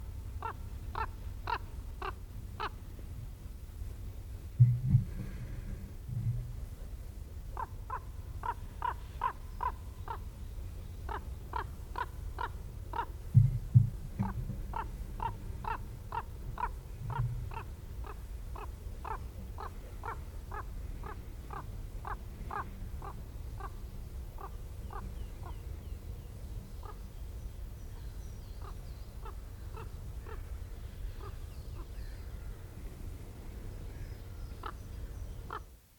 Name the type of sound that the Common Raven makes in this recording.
call